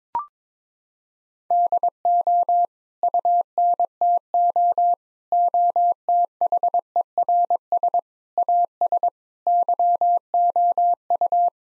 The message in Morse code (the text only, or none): DO UNTO OTHERS AS YOU